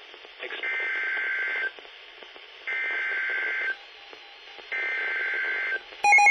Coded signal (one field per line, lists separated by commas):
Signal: Emergency Alert System (SAME) tones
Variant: header bursts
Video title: Severe Thunderstorm Warning #4 - 08/05/19 (EAS #1,926)